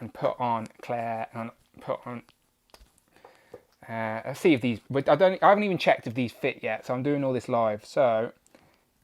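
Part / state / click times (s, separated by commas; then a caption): action figure head onto body neck peg / not seated / none. Someone talks while handling a swapped plastic head from a different action figure, getting it ready to push onto another action figure body's neck peg, with faint small handling taps around 2.7 to 3.5 seconds. The head has not popped into place or seated yet.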